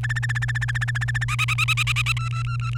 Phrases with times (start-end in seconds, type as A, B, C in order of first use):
0.03-1.24 A, 1.28-2.12 B, 2.17-2.78 C